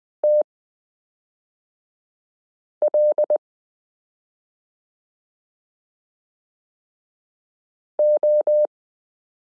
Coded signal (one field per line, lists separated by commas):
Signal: Morse code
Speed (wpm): 20 wpm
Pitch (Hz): 600 Hz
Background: none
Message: TL O